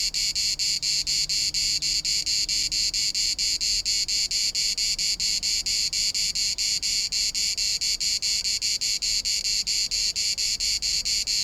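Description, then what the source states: Cicada (Cicada orni): cicada song: a dense, high buzzing pulsed in a steady rhythm of rapid beats, several per second, continuing without pause; faint low hum beneath. Also called cigala.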